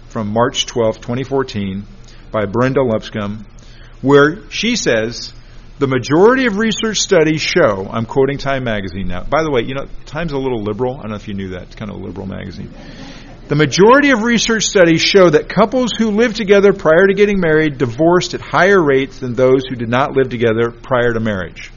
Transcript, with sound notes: from March 12, 2014 by Brenda Lipscomb, where she says the majority of research studies show – I’m quoting Time Magazine now. By the way, Time’s a little liberal. I don’t know if you knew that. It’s kind of a liberal magazine. [laughter] “The majority of research studies show that couples who live together prior to getting married divorced at higher rates than those who did not live together prior to marriage.”